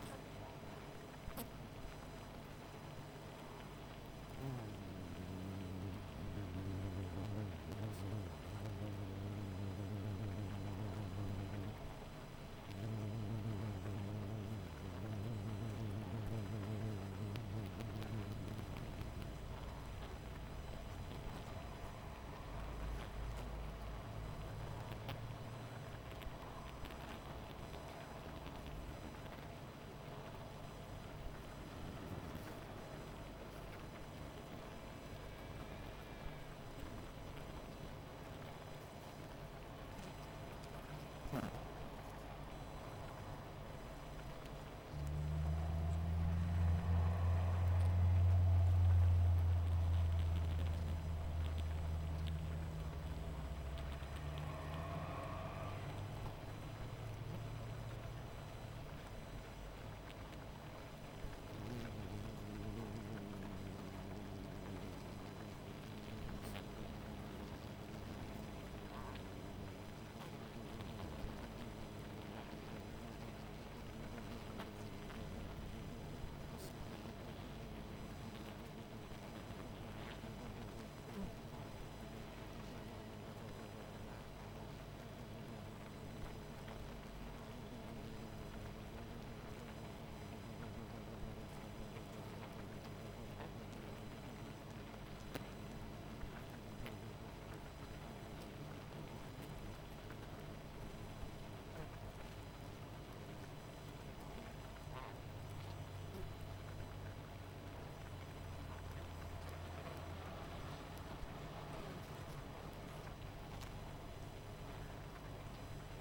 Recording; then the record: honeybee colony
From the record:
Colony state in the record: missing queen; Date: 14 July 2017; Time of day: 19:24